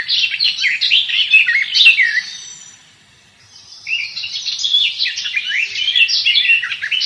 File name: slavka sadovaja